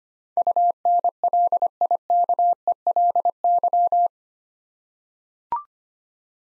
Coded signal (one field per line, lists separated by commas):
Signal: Morse code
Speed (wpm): 25 wpm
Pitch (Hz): 700 Hz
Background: none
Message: UNLIKELY